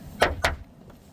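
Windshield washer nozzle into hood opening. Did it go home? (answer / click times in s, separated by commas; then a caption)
yes / 0.2 s, 0.4 s. The second plastic windshield washer nozzle, on the other side of a Dodge Charger/Challenger, Chrysler, Jeep or Caravan (2006–2023), is popped in, aligned and pressed into its opening in the hood. Two sharp clicks sound at 0.2 s and 0.5 s, followed by a faint tick near 0.9 s. The nozzle is seated in the hood.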